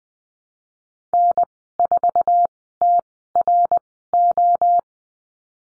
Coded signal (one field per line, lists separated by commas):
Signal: Morse code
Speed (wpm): 20 wpm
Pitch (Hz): 700 Hz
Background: none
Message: N4TRO